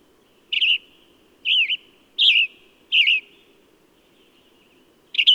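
Bird uttering four evenly spaced, wavering chirps, then a quiet spell before a fifth, with a faint high tone and low rumble behind.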